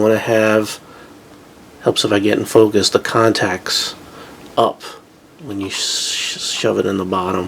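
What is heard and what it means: A microSD card is handled contacts-up at the slot on the underside of a Raspberry Pi 3 Model B single-board computer, a simple push-pull friction slot that takes the card without clicking. Someone talks throughout, with brief handling noise and a burst of broadband hiss near the end. The card has not gone in yet, and nothing has seated or clicked.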